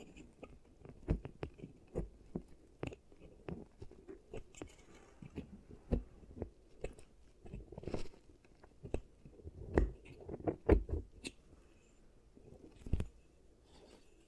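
Giant teeth treatment sounds: irregular sharp clicks, crunches and soft squishy taps, with denser bursts around ten seconds and near thirteen.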